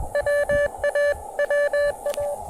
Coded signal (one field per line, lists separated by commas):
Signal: Morse code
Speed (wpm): 21 wpm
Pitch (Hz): 580 Hz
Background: none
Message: WA WA